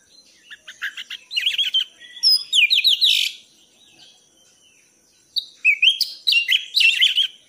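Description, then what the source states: Thrush song of rapid chattering notes and sweeping whistles in two lively runs separated by a short pause. Masteran song in the 'gacor teler' style, used for training pet birds.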